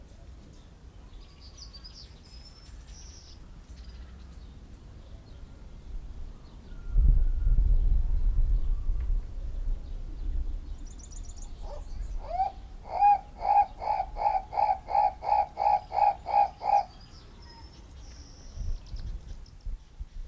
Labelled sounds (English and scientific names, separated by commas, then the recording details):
Guinea Turaco (Tauraco persa) call
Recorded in captivity
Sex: male
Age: adult
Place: Zoo Berlin, Berlin, DE
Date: 1994-04-16 12:49
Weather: heiter, 7-12°C
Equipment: Marantz CP 430, Sennheiser ME 80, Kopie Uher Variocord 263
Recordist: Tembrock, Günter